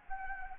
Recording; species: mosquito wingbeat signal from an infrared sensor; Anopheles arabiensis